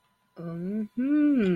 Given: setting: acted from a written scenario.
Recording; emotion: vocal sound without words; awe